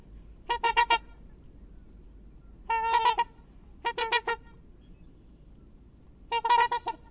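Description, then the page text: Black swan calling in four bursts of rapid, nasal trumpeting notes at irregular intervals. "Cisne Negro (Cygnus atratus). Aves Fantásticas"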